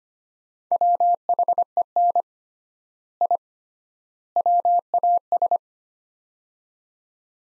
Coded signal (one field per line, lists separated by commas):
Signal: Morse code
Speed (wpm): 25 wpm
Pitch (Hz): 700 Hz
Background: none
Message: WHEN I WAS